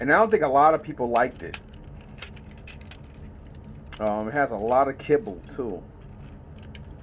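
While a plastic action figure is being transformed, a plastic toy part is handled and pushed toward its locking position on the figure; someone talks over it. Short, sharp plastic ticks and taps come between 2.2 and 2.9 s and again near 6.7 s. Nothing has seated or clicked into place yet.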